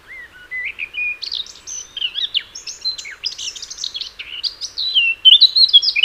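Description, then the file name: Eurasian blackcap song as a long, jumbled, scratchy warble of varied chirps and squeaks, growing louder with a few clearer whistled notes at the close. "Sylvia atricapilla"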